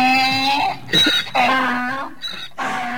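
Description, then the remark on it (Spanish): A donkey in a studio brays in a repeated hee-haw rhythm, loud droning tones alternating with harsh, breathy gasps over about three seconds, with no talking. “Tenemos un burro en el estudio.”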